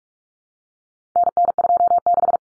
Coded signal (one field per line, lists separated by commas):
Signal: Morse code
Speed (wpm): 44 wpm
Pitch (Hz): 700 Hz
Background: none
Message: NN26